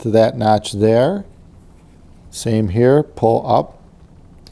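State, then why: Seated. Someone talks while the metal ring on an AB1266 headphone headband is pulled up with two fingers into its notch on the frame. After the talking stops, a short, sharp click at 4.5 s marks the ring snapping into the notch and seating.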